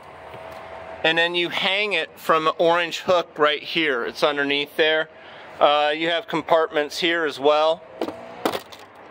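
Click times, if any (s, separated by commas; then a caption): 8.0 s, 8.5 s. Someone talks from about 1 s to 7.8 s while showing a car's storage compartments. Then two sharp clicks at 8.0 s and 8.5 s as the plastic storage compartment covers are pressed back in and pop into place, seating in the vehicle's storage compartment.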